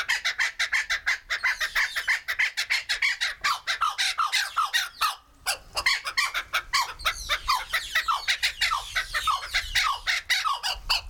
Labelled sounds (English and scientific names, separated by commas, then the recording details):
Blue-winged Kookaburra (Dacelo leachii) call
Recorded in captivity
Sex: pair
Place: Zoo Berlin, Berlin, DE
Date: 1996-04-06 15:55
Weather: heiter, 10 - 16°C
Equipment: Sony MD-WM MZ-R3, Sennheiser MKH 416 T, Kopie Uher 4000 Report Monitor
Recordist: Tembrock, Günter